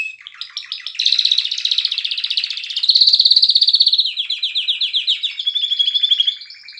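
Canary song, a long run of rapid trilled tours sliding between high pitches, each phrase of fast repeated notes blending into the next without pause.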